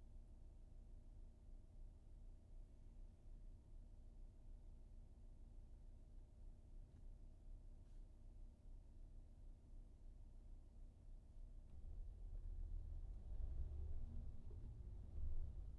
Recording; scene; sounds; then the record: everyday scene through a hearing-aid microphone; in a vehicle; engine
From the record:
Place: VW T5 Caravelle, diesel engine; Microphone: behind the ear, right, front